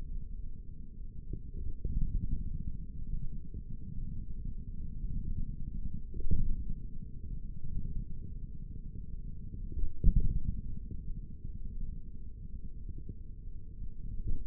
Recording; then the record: forearm muscle sounds (acoustic myography)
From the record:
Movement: index flexion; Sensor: system 3, bracelet of six PUI Audio POM-2738L microphones around the upper forearm, with dedicated amplification and filtering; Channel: 4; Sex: male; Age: 56 years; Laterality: right